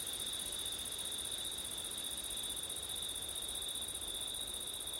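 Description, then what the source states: Crickets singing a constant, shrill trill in two high bands, even and uninterrupted for the full few seconds. Crickets at night in September, with wind; ORTF microphone setup.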